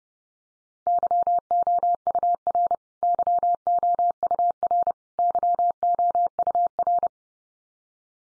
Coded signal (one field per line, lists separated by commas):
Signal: Morse code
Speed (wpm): 30 wpm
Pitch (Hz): 700 Hz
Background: none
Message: YOUR YOUR YOUR